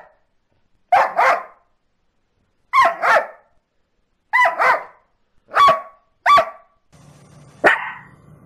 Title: Los mejores LADRIDOS DE PERROS 🐶 Perros LADRANDO